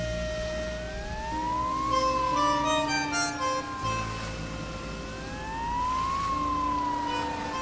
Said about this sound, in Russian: Мчится скорая по трассе.